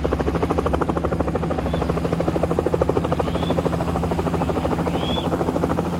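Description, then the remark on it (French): A helicopter carrying two people flies steadily to Yamboukou, near the Central African border, its rotor producing a loud, rapid rhythmic thumping over a constant low engine drone, with faint rising chirps above. No one speaks. “Un hélicoptère les achemine tous les deux jusqu'à Yamboukou, près de la frontière centrafricaine.”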